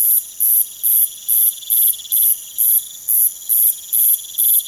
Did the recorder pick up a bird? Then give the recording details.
no. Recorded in pastures near Puerto Asís, Putumayo, Colombia, on 22 June 2025 at 02:30. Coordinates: 0.486, -76.323. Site H29